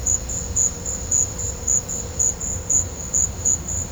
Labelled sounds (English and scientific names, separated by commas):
none